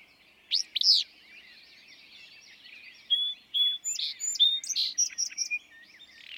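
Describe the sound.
Willow flycatcher song: one buzzy phrase early, then a series of clear whistled notes from another bird taking over.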